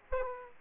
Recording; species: mosquito wingbeat signal from an infrared sensor; Aedes aegypti